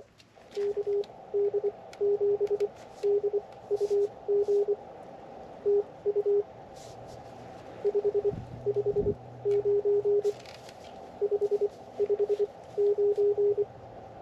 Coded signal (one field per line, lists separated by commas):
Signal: Morse code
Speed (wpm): 23 wpm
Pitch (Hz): 410 Hz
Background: none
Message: KD7DUG TU 559 559